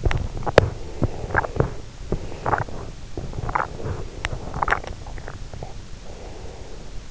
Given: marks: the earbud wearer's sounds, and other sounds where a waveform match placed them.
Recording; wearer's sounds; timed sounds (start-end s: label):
sounds in sleep by an in-ear microphone; teeth grinding, breath, swallowing
0.00-1.91 s: teeth grinding
0.48-3.08 s: breath
2.13-2.91 s: teeth grinding
3.16-5.26 s: breath
3.23-4.85 s: teeth grinding
4.82-5.54 s: swallowing
5.86-7.10 s: breath